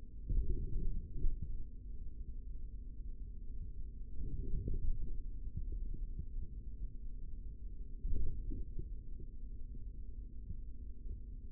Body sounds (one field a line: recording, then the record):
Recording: forearm muscle sounds (acoustic myography)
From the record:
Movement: forearm supination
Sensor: system 3, bracelet of six PUI Audio POM-2738L microphones around the upper forearm, with dedicated amplification and filtering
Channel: 5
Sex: male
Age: 25 years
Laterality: right